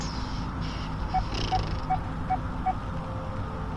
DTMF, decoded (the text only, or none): none